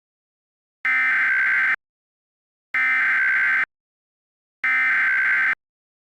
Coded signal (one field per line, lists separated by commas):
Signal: Emergency Alert System (SAME) tones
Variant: header bursts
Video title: EAS Scenario #22: Invasions Galore, Part 3: Conclusion